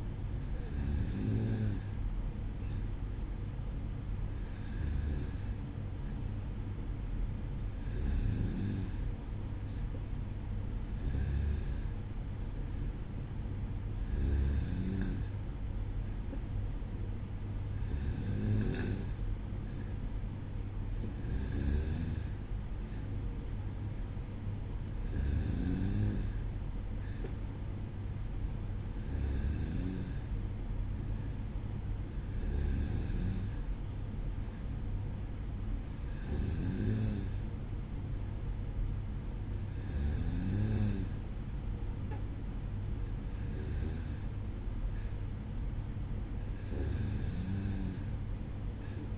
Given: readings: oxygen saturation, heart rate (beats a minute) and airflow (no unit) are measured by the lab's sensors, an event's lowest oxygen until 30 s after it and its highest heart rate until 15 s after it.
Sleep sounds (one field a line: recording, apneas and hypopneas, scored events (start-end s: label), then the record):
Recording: breathing in sleep by a smartphone at the bedside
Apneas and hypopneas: none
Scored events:
none scored
From the record:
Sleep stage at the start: N2 (light sleep)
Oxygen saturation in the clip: 94%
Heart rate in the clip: 56 to 58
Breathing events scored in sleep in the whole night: 305 in 9.6 hours asleep